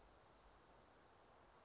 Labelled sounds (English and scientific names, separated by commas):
Dark-eyed Junco (Junco hyemalis)